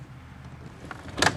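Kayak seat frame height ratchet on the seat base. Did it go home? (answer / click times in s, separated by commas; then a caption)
yes / 0.9 s, 1.1 s, 1.2 s. The seat frame of a FeelFree Lure 11.5 kayak is pulled up one step at a time to raise it, working the height ratchet on the seat base against a low background rumble. Sharp ratchet clicks sound at 0.9 s, 1.1 s and 1.2 s, the last one loudest, as the latch seats into each height position.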